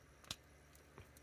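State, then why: Seated. A small plastic wrist piece is pressed onto an action figure's wrist and pops into place with a sharp, bright click at 0.3 s, followed by a few faint plastic ticks. The accessory ends up seated.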